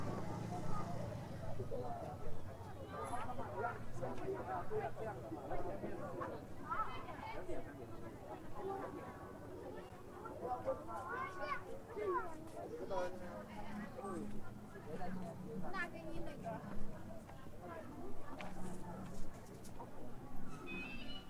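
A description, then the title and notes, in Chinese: A crowd at Hongyadong in Chongqing, with many voices talking at once in a steady, dense murmur for the whole 21 seconds. Individual voices rise briefly out of the chatter now and then, over a low continuous rumble and a few short, sharp bright sounds. 重庆洪崖洞。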